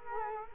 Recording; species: mosquito wingbeat signal from an infrared sensor; Culex quinquefasciatus